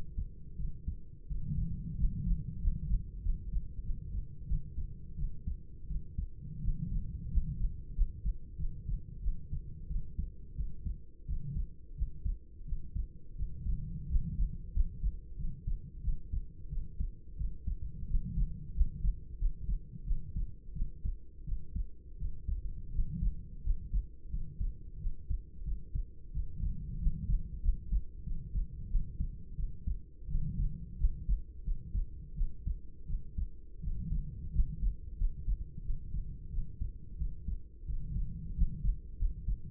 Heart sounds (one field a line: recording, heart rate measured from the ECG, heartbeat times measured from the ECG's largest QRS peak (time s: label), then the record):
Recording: heart sounds by stethoscope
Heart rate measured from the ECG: 89 bpm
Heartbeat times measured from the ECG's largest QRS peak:
0.56 s: heartbeat
1.26 s: heartbeat
1.96 s: heartbeat
2.59 s: heartbeat
3.21 s: heartbeat
3.82 s: heartbeat
4.45 s: heartbeat
5.15 s: heartbeat
5.87 s: heartbeat
6.60 s: heartbeat
7.29 s: heartbeat
7.93 s: heartbeat
8.56 s: heartbeat
9.20 s: heartbeat
9.87 s: heartbeat
10.54 s: heartbeat
11.25 s: heartbeat
11.94 s: heartbeat
12.64 s: heartbeat
13.34 s: heartbeat
14.07 s: heartbeat
14.71 s: heartbeat
15.35 s: heartbeat
16.00 s: heartbeat
16.68 s: heartbeat
17.35 s: heartbeat
18.06 s: heartbeat
18.72 s: heartbeat
19.37 s: heartbeat
20.03 s: heartbeat
20.72 s: heartbeat
21.43 s: heartbeat
22.16 s: heartbeat
22.90 s: heartbeat
23.62 s: heartbeat
24.28 s: heartbeat
24.97 s: heartbeat
25.63 s: heartbeat
26.31 s: heartbeat
26.97 s: heartbeat
27.60 s: heartbeat
28.22 s: heartbeat
28.87 s: heartbeat
29.54 s: heartbeat
30.27 s: heartbeat
30.96 s: heartbeat
31.62 s: heartbeat
32.34 s: heartbeat
33.05 s: heartbeat
33.79 s: heartbeat
34.51 s: heartbeat
35.16 s: heartbeat
35.81 s: heartbeat
36.49 s: heartbeat
37.16 s: heartbeat
37.84 s: heartbeat
38.53 s: heartbeat
39.17 s: heartbeat
From the record:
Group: healthy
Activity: rest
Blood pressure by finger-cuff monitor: 117/65 mmHg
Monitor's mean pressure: 82 mmHg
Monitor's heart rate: 88 bpm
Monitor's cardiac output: 7.9 L/min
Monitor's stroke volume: 89 mL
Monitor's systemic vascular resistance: 770 dyn s/cm5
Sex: female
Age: 26 years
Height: 165 cm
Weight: 55 kg